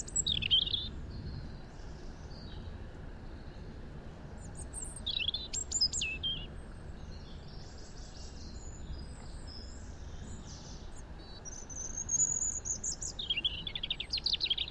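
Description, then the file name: European robin giving bursts of high, warbling song with thin sliding whistles, spaced by quiet gaps, over a faint low rumble. "Erithacus rubecula"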